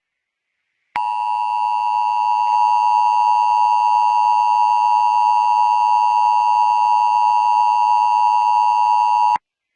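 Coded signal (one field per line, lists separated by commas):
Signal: Emergency Alert System (SAME) tones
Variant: 853 and 960 Hz attention tone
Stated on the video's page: Fictional Emergency Alert System scenario themed on Five Nights at Sonic's, not a real alert.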